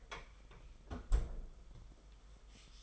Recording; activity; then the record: daily activity, microphone in the room; close fridge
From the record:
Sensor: 5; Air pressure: 991.2 hPa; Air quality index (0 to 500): 112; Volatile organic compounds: 29 ppm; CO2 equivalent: 2938 ppm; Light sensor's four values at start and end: 36/113/43/46 and 36/112/43/45